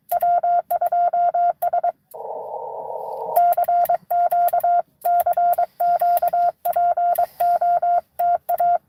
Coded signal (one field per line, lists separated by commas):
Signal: Morse code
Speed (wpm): 23 wpm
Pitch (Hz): 700 Hz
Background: radio noise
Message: W2S CQ CQ POTA